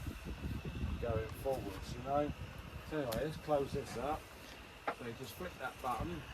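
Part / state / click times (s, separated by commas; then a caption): bonnet hinge service-position latch on a car / not seated / none. On a Mercedes-Benz W210 E280, someone talks while handling the bonnet hinge's service-position latch, about to flick the service-mode button so the metal hinge latch drops back and returns the bonnet from its raised service position to normal. A steady background hum runs underneath the speech. Nothing has seated or clicked yet.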